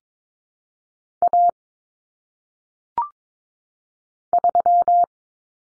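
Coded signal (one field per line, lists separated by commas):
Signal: Morse code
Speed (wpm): 22 wpm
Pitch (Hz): 700 Hz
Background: none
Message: A 3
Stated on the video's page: Morse drill of common single-digit cut numbers at 22 wpm, with T, A, N for 0, 1, 9; each sent twice for head-copy.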